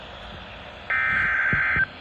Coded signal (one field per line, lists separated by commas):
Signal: Emergency Alert System (SAME) tones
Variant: header bursts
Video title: (EAS #465) Severe Thunderstorm Warning for Green and Lafayette, Wisconsin